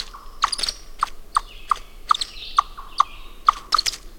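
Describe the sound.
Chipmunk giving short mid-pitched chucks repeated unevenly, with brief higher chirps and whistled notes among them.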